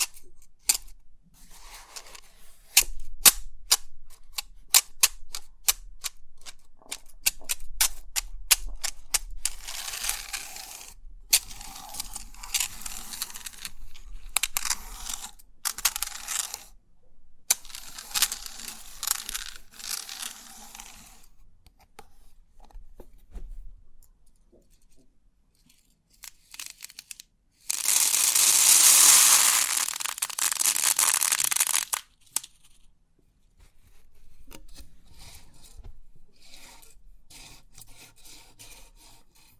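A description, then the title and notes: Crisp 3D pin art tingles: rapid clicking and rattling bursts of pins, dense at first, then sparse taps, with a steady hiss around thirty seconds. Crisp 3D Pin Art Tingles(No Talking).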